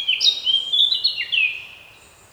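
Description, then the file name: Eurasian blackcap gives a short burst of clear fluty whistles, slurred up and down, ending after about one and a half seconds. "Sylvia atricapilla"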